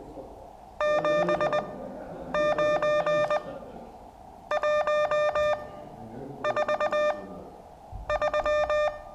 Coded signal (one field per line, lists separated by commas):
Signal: Morse code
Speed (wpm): 20 wpm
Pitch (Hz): 600 Hz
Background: none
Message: 79143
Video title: ZS6TJ CW Morse Code practice Class session three.